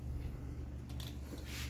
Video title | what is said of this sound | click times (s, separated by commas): 2018 Subaru Forester Wiper Blades | It should just pop right in. Did it click? Mhm. Click it shut. | 0.9 s, 1.0 s